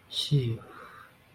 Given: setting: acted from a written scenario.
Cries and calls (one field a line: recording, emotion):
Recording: vocal sound without words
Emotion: serenity